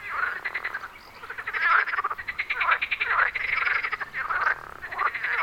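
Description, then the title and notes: Several frogs croaking together in a thick, overlapping rattle of pulsed notes with no real break. Frogs on Wyspa Sobieszewska, Gdańsk, Poland. "Wyspa Sobieszewska, Gdańsk, Poland - Frogs. Żaby. rec Rafał Kołacki"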